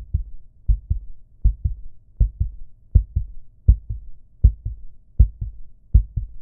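A steady heartbeat, low-pitched paired lub-dub beats at about 80 per minute.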